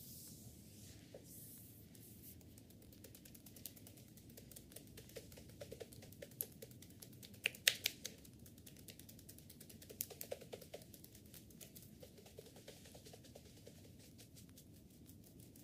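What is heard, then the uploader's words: Wooden taps and clicks from a bamboo massage, sharp dry knocks coming in irregular bursts, thickest from about six to eleven seconds with a few louder strikes near eight. Beneath them runs a steady low rumble and soft rustling, quiet. ASMR Bamboo massage by Olga. Asmr Wood Japanese therapy. Asmr no Talking with tingles.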